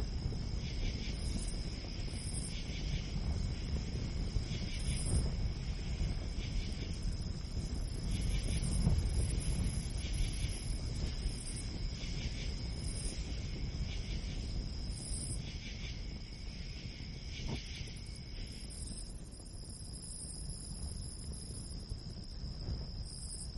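Steady low wind rumbles through pine forest, with a constant high insect whine and regular bright chirps pulsing about every two seconds.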